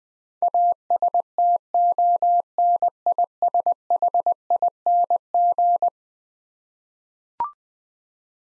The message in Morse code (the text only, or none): ASTONISHING